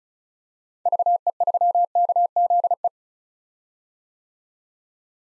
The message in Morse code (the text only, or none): VE3KZE